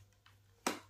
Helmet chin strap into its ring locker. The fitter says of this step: ఈ విధంగా లాక్ అయిపోతుంది.